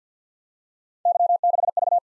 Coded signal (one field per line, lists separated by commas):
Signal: Morse code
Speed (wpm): 53 wpm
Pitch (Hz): 700 Hz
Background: none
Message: Y6V